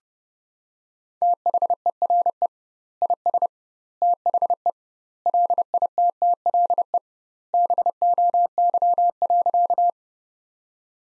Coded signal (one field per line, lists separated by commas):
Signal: Morse code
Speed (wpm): 30 wpm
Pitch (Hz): 700 Hz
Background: none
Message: THERE IS THE LITTLE BOY.